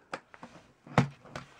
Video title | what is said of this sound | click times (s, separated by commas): MCLB LEGO Star Wars Review: 7140 X-wing Fighter | it's actually kind of technically in a legal connection because I don't think it's actually fully snapped into place | 1.0 s